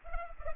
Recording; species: mosquito wingbeat signal from an infrared sensor; Culex pipiens